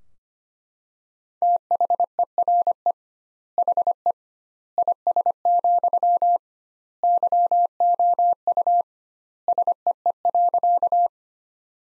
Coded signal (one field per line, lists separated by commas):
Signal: Morse code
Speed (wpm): 25 wpm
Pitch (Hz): 700 Hz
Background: none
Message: THERE HE IS, YOU SEE.